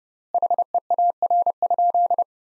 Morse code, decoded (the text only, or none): HEAR?